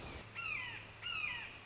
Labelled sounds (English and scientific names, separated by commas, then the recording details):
Red-shouldered Hawk (Buteo lineatus)
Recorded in Sonoma County, California